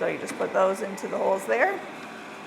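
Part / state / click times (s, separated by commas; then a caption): exhaust hose adapter into portable air conditioner vent / not seated / none. A plastic exhaust hose adapter with tabs on the top and bottom is being handled and lined up with the holes in the housing of a ZeroBreeze Mark2 portable air conditioner. Someone talks over a low steady background hum. The adapter has not snapped into place yet, and nothing has seated or clicked.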